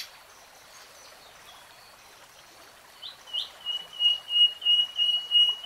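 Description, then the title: Nightingale singing: near silence with faint hiss, then a few upslurred notes followed by a steady, pulsing whistled tone that grows louder toward the end. "[Tiếng chim hót] Nightingale Singing"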